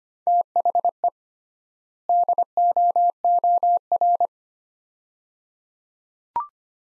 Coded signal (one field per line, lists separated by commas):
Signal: Morse code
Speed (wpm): 25 wpm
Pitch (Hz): 700 Hz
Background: none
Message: THE DOOR